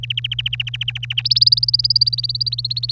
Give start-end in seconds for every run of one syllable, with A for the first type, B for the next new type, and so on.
0.03-1.22 A, 1.25-2.92 B